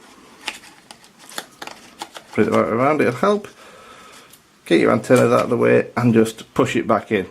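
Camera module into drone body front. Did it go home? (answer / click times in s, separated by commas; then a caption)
no / none. A plastic camera module is being handled and lined up to push back onto the front of a Visuo XS812 GPS drone, with the antennas moved out of the way first. Light clicks and handling taps are heard around 0.5, 1.4, 1.6 and 2.0 s while someone talks. Nothing has seated or clicked into place yet.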